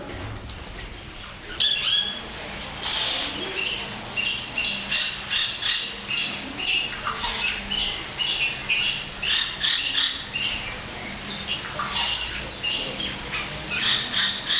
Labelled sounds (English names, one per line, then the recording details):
Black-necked Aracari call
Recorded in captivity
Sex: male
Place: Zoo Berlin, Berlin, DE
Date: 1996-05-05 13:00
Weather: bedeckt, 8°C
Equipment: Sony MD-WM MZ-R3, Sennheiser MKH 416 T, Kopie Uher 4000 Report Monitor
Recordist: Tembrock, Günter